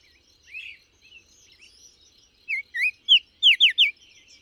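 Bird song: a soft warble, a pause, then a loud run of whistled notes ending in rapid falling slurs.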